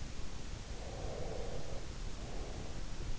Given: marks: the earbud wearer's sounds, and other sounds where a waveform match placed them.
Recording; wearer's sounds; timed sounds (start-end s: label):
sounds in sleep by an in-ear microphone; breath
0.49-3.12 s: breath